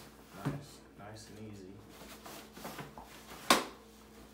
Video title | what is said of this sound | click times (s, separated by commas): SIBBY TRAVEL SYSTEM: DADDY EDITION | and then every time you hear the click that's how you know he's in there secure yep | 3.5 s